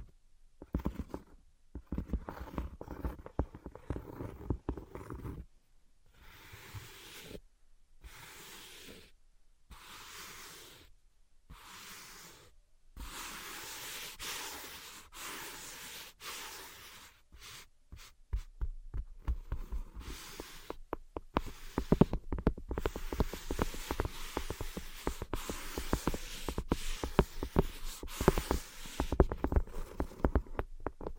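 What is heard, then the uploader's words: Tapping and scratching in irregular bursts of dry scraping broken by frequent short silences. The middle stretch runs as a steadier, softer rasp, while the final ten seconds grow louder and busier, with rapid clustered taps and sharp scratches. ASMR Invisible Tapping and Scratching (No Talking).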